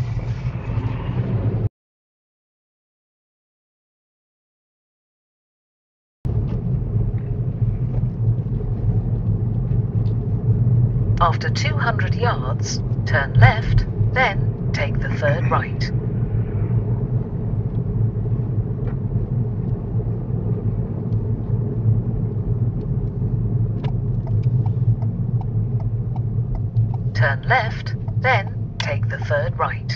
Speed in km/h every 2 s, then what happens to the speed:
19, 23, 26, 26, 29, 29, 31, 31, 29, 31, 27, 23, 18, 16, 13.
0-3 speeds up to 26. 3-19 steady at about 29. 19-30 slows to 13.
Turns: none.